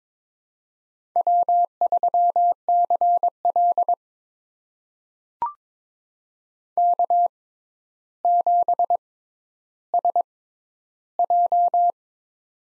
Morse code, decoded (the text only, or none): W3CL K7SJ